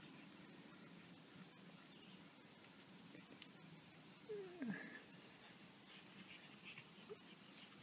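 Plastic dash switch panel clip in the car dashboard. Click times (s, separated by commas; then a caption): 3.4 s. An orange plastic trim tool, chosen so the part won't break, is worked under the bottom of a plastic dash switch panel in a 2012+ Subaru Impreza dashboard, and then a screwdriver is wedged in. A sharp click at 3.4 s is the panel clip coming open, followed by a brief squeaky sound around 4.3 to 4.8 s over steady low background noise. The clip is released and the panel starts popping out.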